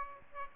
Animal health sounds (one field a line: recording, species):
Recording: mosquito wingbeat signal from an infrared sensor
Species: Aedes aegypti